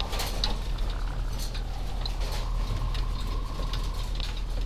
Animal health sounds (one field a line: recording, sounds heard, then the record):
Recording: poultry house recording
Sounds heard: sick chickens (respiratory disease)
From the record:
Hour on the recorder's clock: 16